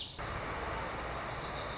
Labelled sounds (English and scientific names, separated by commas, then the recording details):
Wilson's Warbler (Cardellina pusilla)
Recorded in Sonoma County, California